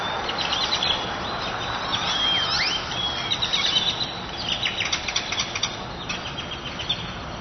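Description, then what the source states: Birds chirping in short, bright notes, growing busier and more rapid in the second half, over a steady rumble of traffic. Recorded on 6th Street.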